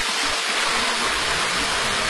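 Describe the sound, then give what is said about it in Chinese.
Steady, continuous rush of water spilling from a small artificial rockery waterfall and fountain at the entrance gate of the Hongyeling (Red Leaf Ridge) scenic area, a broad hissing splash that holds even and unbroken throughout, with no voices. “好，现在我们已经到达了我们红叶岭景区的大门口了，大家能够听到潺潺的流水声，在门口的一个假山小瀑布景观和这种喷泉景观。”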